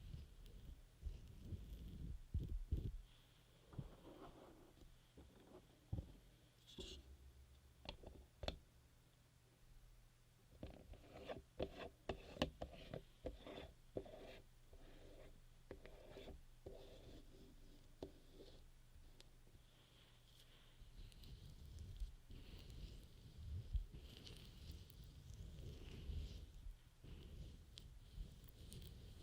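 Ear massage and rubbing with muffled scratchy strokes, scattered crisp taps clustered mid-clip, and a low steady hum fading out near twenty seconds.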